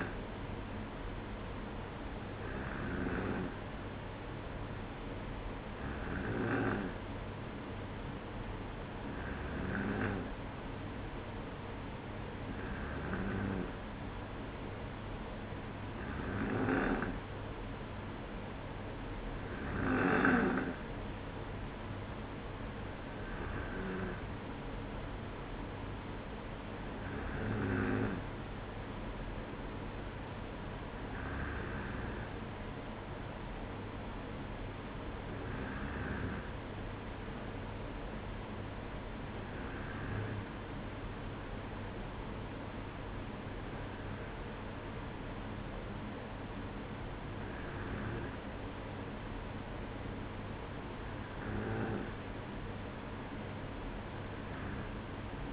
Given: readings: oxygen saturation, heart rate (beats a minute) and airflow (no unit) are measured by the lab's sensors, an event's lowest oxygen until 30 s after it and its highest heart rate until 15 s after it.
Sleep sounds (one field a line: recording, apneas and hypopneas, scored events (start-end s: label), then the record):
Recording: breathing in sleep by a voice recorder at the bedside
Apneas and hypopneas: none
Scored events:
none scored
From the record:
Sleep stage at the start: N2 (light sleep)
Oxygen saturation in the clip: 93 to 94%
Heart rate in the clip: 55 to 58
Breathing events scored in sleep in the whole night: 305 in 9.6 hours asleep